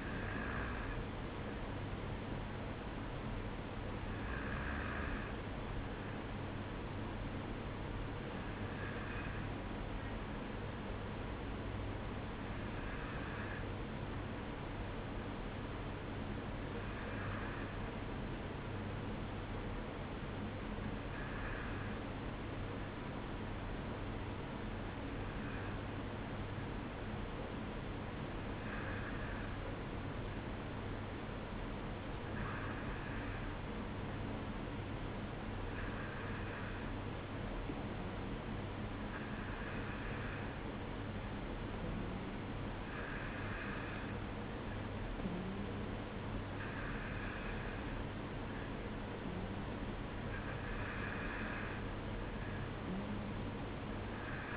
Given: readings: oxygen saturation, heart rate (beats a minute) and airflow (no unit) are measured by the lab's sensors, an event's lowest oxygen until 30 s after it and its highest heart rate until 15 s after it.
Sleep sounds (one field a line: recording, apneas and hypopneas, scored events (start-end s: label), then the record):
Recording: breathing in sleep by a voice recorder at the bedside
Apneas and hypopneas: 1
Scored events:
12.00-47.20 s: hypopnea (N2, oxygen 94% highest, then 92% lowest, heart rate 53 at the start, 55 highest)
From the record:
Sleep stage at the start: N2 (light sleep)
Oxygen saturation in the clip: 93 to 94%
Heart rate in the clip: 52 to 55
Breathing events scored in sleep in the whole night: 305 in 9.6 hours asleep